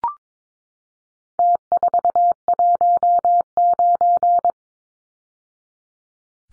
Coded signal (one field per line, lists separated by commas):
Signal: Morse code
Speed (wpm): 22 wpm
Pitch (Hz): 700 Hz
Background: none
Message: T419